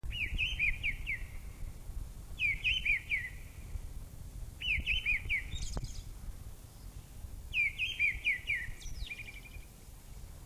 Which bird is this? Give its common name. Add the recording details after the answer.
Mistle Thrush. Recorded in the wild. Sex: male. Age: adult. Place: Möhrendorf, Bayern, DE. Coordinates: 49.6372, 10.9831. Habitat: pond. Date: 1962. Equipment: Stellavox SM 5, Original, Vollspur. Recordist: Tretzel, Erwin